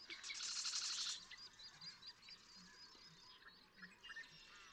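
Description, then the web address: Marsh Wren, softer: one short buzzy rattle at the start, followed by faint scattered chips against a steady background hiss. "birdsongforthecurious Marsh Wren"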